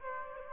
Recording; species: mosquito wingbeat signal from an infrared sensor; Aedes aegypti